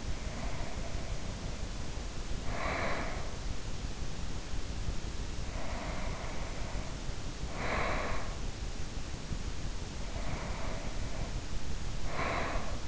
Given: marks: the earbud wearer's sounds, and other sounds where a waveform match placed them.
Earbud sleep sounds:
sounds in sleep by an in-ear microphone; breath
0.00-3.62 s: breath
5.25-8.63 s: breath
9.99-12.88 s: breath

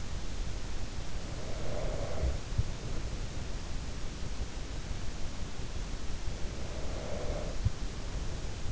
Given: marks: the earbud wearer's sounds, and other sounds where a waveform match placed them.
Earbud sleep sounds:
sounds in sleep by an in-ear microphone; breath
0.84-3.64 s: breath
5.78-8.72 s: breath

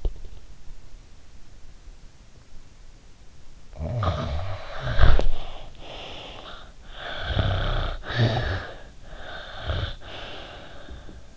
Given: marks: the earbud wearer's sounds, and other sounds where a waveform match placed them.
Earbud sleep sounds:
sounds in sleep by an in-ear microphone; teeth grinding, snoring breath
0.00-0.19 s: teeth grinding
3.58-6.65 s: snoring breath
6.91-8.95 s: snoring breath
9.14-11.37 s: snoring breath

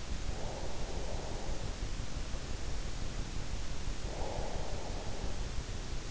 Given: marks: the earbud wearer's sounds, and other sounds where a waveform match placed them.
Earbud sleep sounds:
sounds in sleep by an in-ear microphone; breath
0.22-2.18 s: breath
3.89-5.80 s: breath

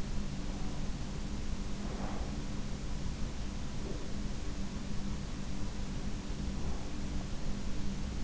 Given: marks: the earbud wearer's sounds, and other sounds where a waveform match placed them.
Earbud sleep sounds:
sounds in sleep by an in-ear microphone; breath
1.56-2.53 s: breath

